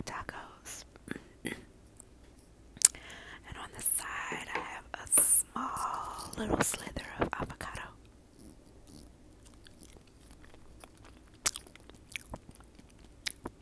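Crunching and chewing of hard tacos, with sharp bright crackles as the shell breaks and wet mouth sounds in between. The loudest bites cluster from about 3 to 8 seconds, then chewing grows quieter with occasional clicks.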